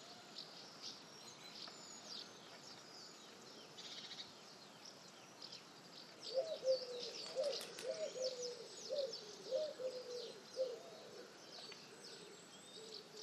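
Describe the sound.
Pigeon cooing: a run of soft, low, wavering coos starting midway and repeating rapidly for several seconds, with thin high chirps from small birds throughout.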